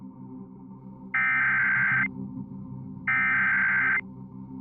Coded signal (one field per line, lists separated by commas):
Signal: Emergency Alert System (SAME) tones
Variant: header bursts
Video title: 4 Scariest Emergency Broadcasts & EAS Alerts (Vol. 3)